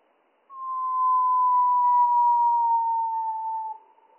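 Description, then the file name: Spotted flycatcher song, slowed: one long pure whistle lasting about three seconds, drifting gently downward in pitch before stopping abruptly. Song slowed down by three octaves, mono recording. "GOBE MOUCHE GRIS MOINS TROIS OCTAVES MONO"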